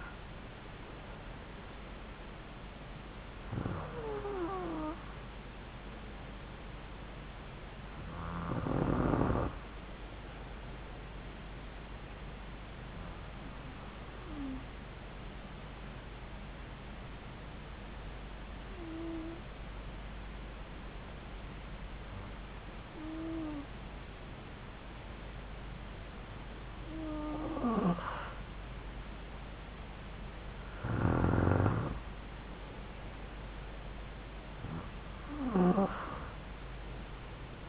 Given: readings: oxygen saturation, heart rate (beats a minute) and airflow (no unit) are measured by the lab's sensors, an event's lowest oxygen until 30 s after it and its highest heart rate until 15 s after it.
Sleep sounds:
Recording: breathing in sleep by a voice recorder at the bedside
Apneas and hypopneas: 1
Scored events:
8.00-25.60 s: hypopnea (N2, oxygen 95% highest, then 92% lowest)
From the record:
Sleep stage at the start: N2 (light sleep)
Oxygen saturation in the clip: 93 to 95%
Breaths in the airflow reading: 9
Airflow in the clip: -3.5 to 2.7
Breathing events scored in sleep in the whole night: 270 in 6.1 hours asleep

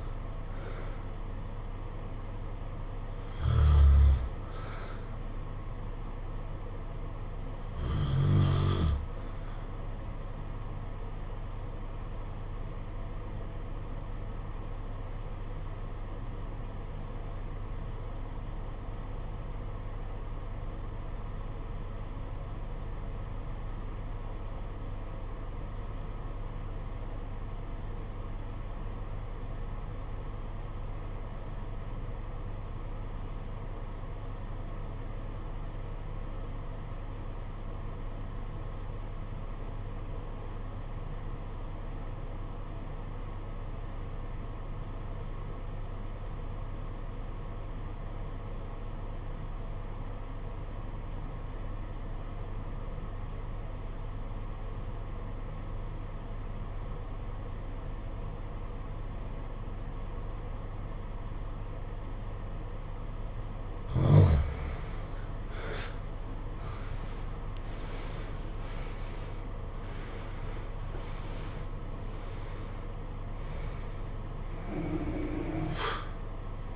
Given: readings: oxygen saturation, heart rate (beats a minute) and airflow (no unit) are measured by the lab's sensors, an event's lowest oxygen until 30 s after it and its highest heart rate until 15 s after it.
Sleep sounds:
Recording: breathing in sleep by a smartphone at the bedside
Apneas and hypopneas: 1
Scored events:
11.00-65.70 s: obstructive apnea (REM, oxygen 95% highest, then 68% lowest, heart rate 54 at the start, 92 highest)
From the record:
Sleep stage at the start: REM sleep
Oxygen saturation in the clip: 70 to 95%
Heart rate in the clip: 53 to 92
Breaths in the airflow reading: 8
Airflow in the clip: -15.8 to 17.0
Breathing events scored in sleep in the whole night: 476 in 9.7 hours asleep

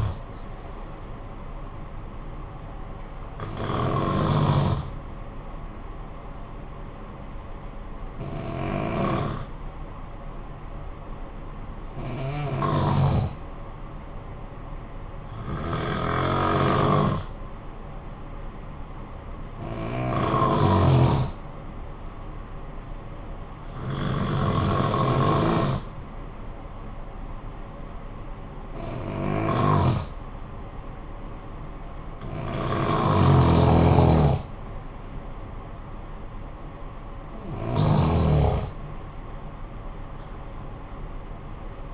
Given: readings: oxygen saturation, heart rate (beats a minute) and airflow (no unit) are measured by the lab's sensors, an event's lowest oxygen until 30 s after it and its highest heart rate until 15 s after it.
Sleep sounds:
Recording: breathing in sleep by a smartphone at the bedside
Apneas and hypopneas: 1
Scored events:
8.00-33.70 s: hypopnea (N2, oxygen 96% highest, then 89% lowest, heart rate 52 at the start, 71 highest)
From the record:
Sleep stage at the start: N2 (light sleep)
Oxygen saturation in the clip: 89 to 96%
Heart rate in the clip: 51 to 70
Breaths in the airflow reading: 9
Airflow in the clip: -10.9 to 5.8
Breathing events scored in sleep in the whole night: 445 in 7.6 hours asleep

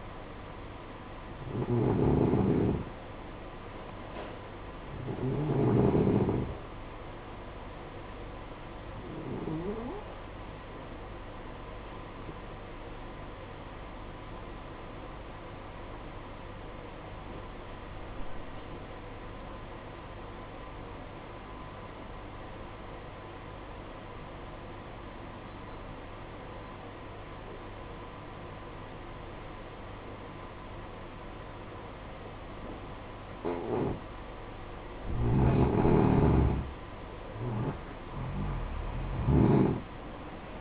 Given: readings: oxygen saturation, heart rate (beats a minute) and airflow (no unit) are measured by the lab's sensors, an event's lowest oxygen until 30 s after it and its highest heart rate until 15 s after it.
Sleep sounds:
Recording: breathing in sleep by a voice recorder at the bedside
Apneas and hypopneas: 1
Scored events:
16.00-36.00 s: obstructive apnea (N2, oxygen 94% highest, then 89% lowest, heart rate 59 at the start, 68 highest)
From the record:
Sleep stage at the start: N2 (light sleep)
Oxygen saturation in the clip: 91 to 94%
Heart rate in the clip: 56 to 64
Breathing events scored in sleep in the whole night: 573 in 9.8 hours asleep

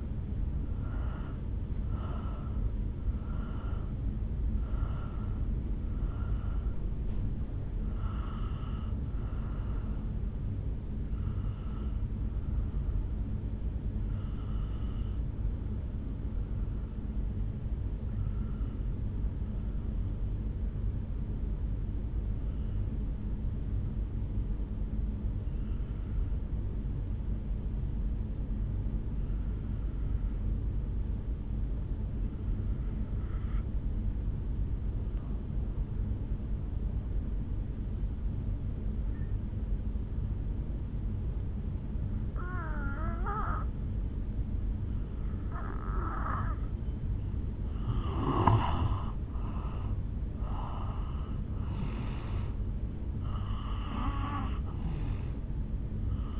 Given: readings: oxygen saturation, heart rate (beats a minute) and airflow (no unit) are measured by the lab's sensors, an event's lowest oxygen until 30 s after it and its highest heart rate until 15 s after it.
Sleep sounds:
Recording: breathing in sleep by a smartphone at the bedside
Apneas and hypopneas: 1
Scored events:
17.00-48.60 s: obstructive apnea (N1, oxygen 98% highest, then 84% lowest, heart rate 54 at the start, 70 highest)
25.00-56.40 s: new sleep stage, N2 (light sleep)
From the record:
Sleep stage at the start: N1 (lightest sleep)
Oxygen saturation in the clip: 83 to 98%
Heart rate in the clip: 53 to 72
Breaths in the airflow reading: 8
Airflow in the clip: -7.7 to 5.9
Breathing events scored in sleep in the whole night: 449 in 7.0 hours asleep

